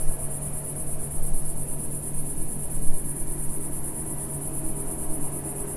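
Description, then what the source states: Cicada song, an unbroken high shrill buzz, with bursts of low rumbling noise rising and falling beneath. Single cicada singing in early evening warmth in a garden with lavender and myrtle bushes, small village in Picardy, northern France.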